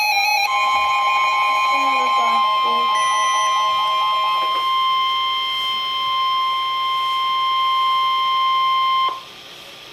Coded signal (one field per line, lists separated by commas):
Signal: Emergency Alert System (SAME) tones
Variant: 1050 Hz attention tone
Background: speech, music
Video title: Special Marine Warning (EAS #1,027)